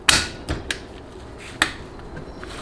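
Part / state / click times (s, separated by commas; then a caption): piston return spring assembly into the transmission pump body groove / seated / 0.1 s, 1.6 s. A return spring assembly for the apply piston of a Ford AOD automatic transmission is lined up on the pump body bosses and pressed by hand. Its metal engagement tabs snap into the groove on the underside of the pump body, with sharp clicks at 0.1 s and 1.6 s, and a few softer knocks fall in between and after. The spring assembly is seated.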